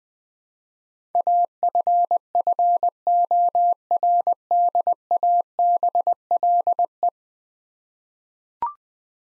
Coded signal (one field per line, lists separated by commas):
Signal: Morse code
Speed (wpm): 20 wpm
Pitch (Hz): 700 Hz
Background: none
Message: AFFORDABLE